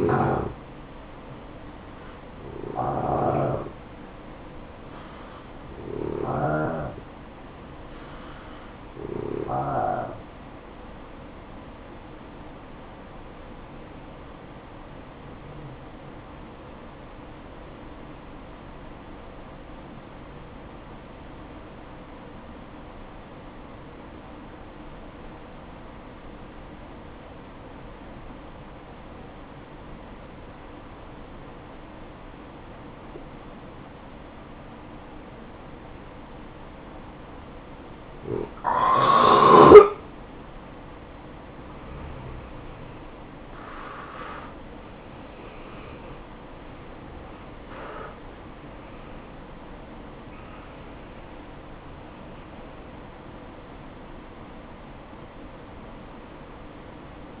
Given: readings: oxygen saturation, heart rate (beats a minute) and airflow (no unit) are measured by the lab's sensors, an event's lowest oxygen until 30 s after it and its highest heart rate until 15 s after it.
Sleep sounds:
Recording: breathing in sleep by a voice recorder at the bedside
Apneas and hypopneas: 1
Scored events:
4.00-57.40 s: new sleep stage, N1 (lightest sleep)
9.00-43.60 s: hypopnea (N1, oxygen 95% highest, then 85% lowest, heart rate 56 at the start, 67 highest)
From the record:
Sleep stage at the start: N2 (light sleep)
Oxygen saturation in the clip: 86 to 95%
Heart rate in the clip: 54 to 67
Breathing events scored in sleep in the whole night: 573 in 9.8 hours asleep

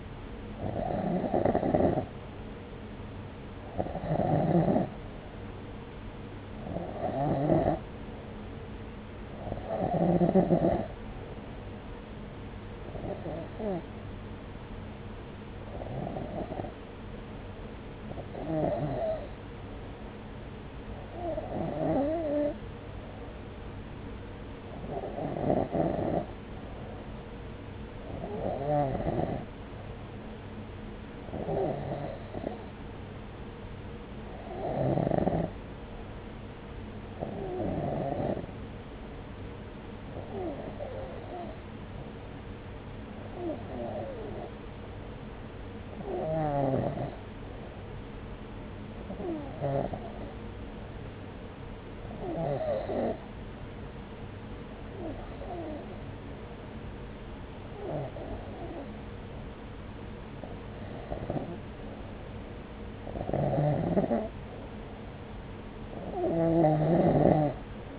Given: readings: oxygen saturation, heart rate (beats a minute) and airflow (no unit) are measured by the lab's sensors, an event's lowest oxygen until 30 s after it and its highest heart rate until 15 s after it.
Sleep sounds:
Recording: breathing in sleep by a voice recorder at the bedside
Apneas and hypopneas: 1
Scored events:
19.00-63.30 s: hypopnea (REM, oxygen 94% highest, then 91% lowest, heart rate 69 at the start, 70 highest)
From the record:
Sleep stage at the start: REM sleep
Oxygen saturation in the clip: 91 to 94%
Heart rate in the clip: 65 to 69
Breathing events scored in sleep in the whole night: 303 in 8.1 hours asleep

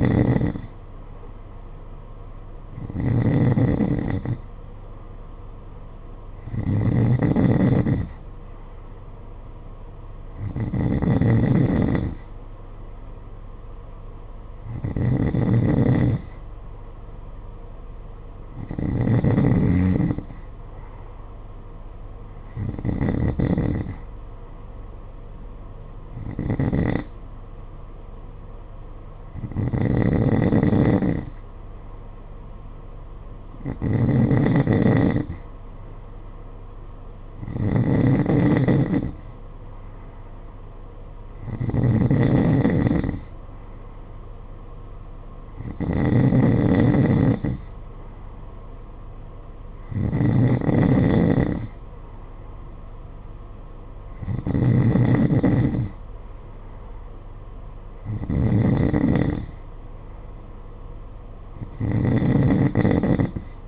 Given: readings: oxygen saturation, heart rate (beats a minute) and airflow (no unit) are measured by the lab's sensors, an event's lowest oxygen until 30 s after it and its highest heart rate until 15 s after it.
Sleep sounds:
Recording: breathing in sleep by a smartphone at the bedside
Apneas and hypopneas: none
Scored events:
21.00-63.68 s: new sleep stage, N3 (deep sleep)
From the record:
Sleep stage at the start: N2 (light sleep)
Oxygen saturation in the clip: 91 to 93%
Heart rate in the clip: 49 to 54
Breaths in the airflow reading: 17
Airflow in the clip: -8.1 to 8.7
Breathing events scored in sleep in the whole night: 476 in 9.7 hours asleep

